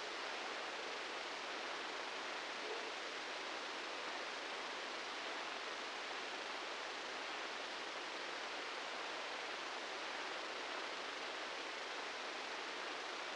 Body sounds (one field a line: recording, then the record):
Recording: brain microelectrode recording played as sound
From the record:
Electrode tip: outside the subthalamic nucleus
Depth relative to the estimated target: -4 mm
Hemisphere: right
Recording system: NeuroSet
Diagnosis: Parkinson's disease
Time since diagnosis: 19 years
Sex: female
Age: 69 years